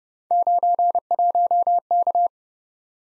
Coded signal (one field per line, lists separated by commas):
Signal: Morse code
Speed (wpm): 30 wpm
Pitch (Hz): 700 Hz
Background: none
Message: 91K